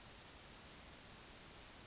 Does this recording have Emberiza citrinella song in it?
no